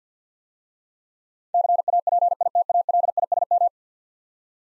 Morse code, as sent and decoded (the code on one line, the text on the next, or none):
-.-. .- .--. .. - .- .-.. .. ... --
CAPITALISM